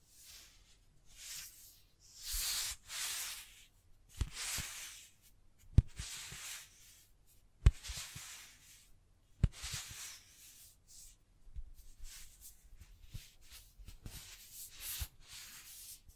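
Scratching and tracing strokes come in bursts of bright, hissy rubbing, long and sweeping early on, then shorter and quicker after about twelve seconds. Sharp single taps cut through around four, six, eight and nine seconds, with quiet gaps between strokes.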